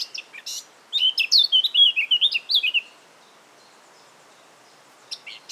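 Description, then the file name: Eurasian blackcap song: a few scratchy chips, then a clear fluty warbling phrase wavering around mid-high pitch for two seconds, followed by quiet and a couple of faint notes. "Sylvia atricapilla"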